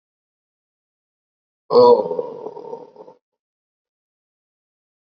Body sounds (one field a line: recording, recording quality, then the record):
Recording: sustained vowel as in boot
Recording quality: excellent, no background noise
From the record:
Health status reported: COVID-19 positive, mild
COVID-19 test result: positive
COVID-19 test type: RT-PCR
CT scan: not taken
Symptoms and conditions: cough, cold, sore throat, muscle pain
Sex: male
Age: 30 years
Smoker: no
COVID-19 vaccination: both doses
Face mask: worn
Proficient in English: yes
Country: India